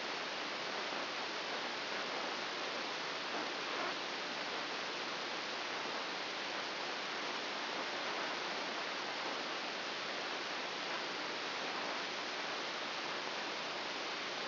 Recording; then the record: brain microelectrode recording played as sound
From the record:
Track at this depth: inside the subthalamic nucleus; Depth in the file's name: 2.204 mm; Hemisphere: right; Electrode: 2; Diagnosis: Parkinson's disease